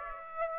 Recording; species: mosquito wingbeat signal from an infrared sensor; Aedes aegypti